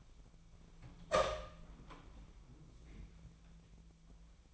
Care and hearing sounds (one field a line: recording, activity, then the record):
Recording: daily activity, microphone in the room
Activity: open door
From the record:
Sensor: 1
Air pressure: 1000.5 hPa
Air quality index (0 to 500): 180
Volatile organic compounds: 4 ppm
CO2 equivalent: 1670 ppm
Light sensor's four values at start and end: 12/30/12/14 and 13/30/12/14